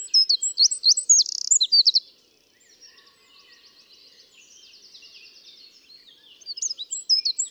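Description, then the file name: Eurasian wren song: two seconds of loud, very high, rapid trills and sharp notes, fainter similar trilling in the middle, then loud trills resume at the end. "Troglodytes troglodytes"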